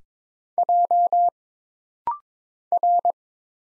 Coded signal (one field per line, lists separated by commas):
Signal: Morse code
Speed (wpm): 22 wpm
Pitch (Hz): 700 Hz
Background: none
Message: J R